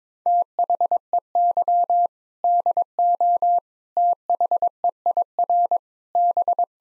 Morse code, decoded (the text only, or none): THEY DO THEIR B